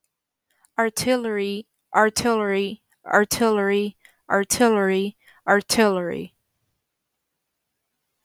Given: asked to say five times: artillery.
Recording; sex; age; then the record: repeated word; female; 20 to 29 years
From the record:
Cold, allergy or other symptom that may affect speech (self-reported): no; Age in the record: 28 years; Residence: New York, United States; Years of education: 13